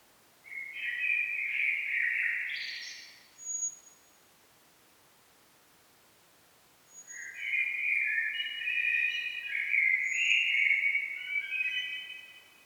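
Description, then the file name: Common blackbird singing two mellow warbling phrases, the second longer and more varied, with a short pause between and faint high notes in the background. "Turdus merula"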